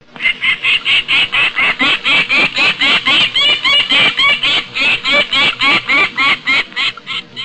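Peregrine falcon giving a harsh, loud cackling series, sharp grating notes repeated about four times a second without pause for the whole stretch.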